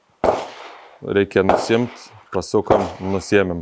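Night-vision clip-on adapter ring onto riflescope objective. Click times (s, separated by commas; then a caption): 0.2 s. A night-vision clip-on, fitted with a universal ring and turned to lock, is clamped down onto a riflescope's objective, giving one sharp, loud hit at 0.2 s as it seats. Someone talks afterward.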